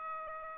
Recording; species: mosquito wingbeat signal from an infrared sensor; Aedes albopictus